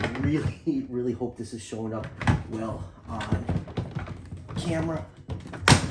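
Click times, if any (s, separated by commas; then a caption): 5.7 s. Someone talks while pushing the plastic tail section of a large Mattel Jurassic World Dominion Dreadnoughtus sauropod figure into the body socket with some force. It gives one loud snap at 5.7 s, seating it in a one-time connection that cannot come out once clicked.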